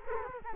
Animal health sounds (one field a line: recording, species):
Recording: mosquito wingbeat signal from an infrared sensor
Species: Culex quinquefasciatus